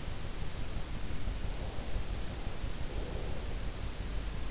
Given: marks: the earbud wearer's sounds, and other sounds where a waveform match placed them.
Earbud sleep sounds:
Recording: sounds in sleep by an in-ear microphone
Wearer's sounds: breath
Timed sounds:
1.50-4.50 s: breath

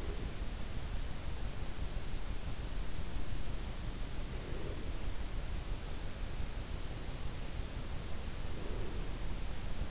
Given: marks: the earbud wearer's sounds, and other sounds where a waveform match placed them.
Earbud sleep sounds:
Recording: sounds in sleep by an in-ear microphone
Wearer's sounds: breath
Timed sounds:
0.00-0.52 s: breath
4.27-5.04 s: breath
8.31-9.08 s: breath

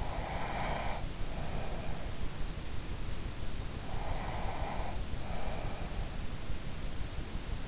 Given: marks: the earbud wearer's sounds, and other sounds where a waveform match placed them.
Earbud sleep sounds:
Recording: sounds in sleep by an in-ear microphone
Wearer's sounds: breath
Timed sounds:
0.00-2.13 s: breath
3.89-5.82 s: breath

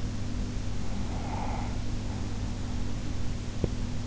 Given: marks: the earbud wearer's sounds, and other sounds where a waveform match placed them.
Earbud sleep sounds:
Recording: sounds in sleep by an in-ear microphone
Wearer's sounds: breath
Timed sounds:
1.07-3.72 s: breath

